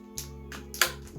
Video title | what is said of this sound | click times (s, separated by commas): TRIPLE! 3060 Mining Rig - UK - Build P2 - April 2021 - RonsTechHub Mining Episode 02 | there we go one click on one side you want | 0.8 s